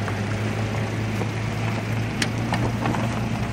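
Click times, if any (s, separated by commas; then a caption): 2.2 s. A car is driven forward so the second telescoping arm of a Blue Ox tow bar between the car and a motorhome extends and clips into its locked position, with a sharp click at 2.2 s over a steady low engine hum. A few lighter ticks follow around 2.5, 2.9 and 3.0 s. Both arms are now tensioned and locked, ready for the road.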